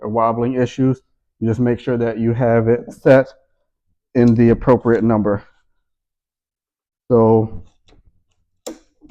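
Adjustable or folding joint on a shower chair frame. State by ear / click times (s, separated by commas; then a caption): seated / 8.7 s. Someone talks, then an adjustable or folding joint on the frame of an aluminium and plastic shower assist chair is pushed until it gives a sharp click at 8.7 s. The joint seats and locks in place.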